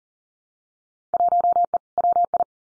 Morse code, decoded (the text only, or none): 1E WI